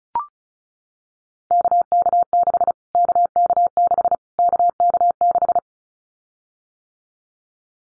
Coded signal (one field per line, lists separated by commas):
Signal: Morse code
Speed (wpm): 34 wpm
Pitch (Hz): 700 Hz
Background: none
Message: KK6 KK6 KK6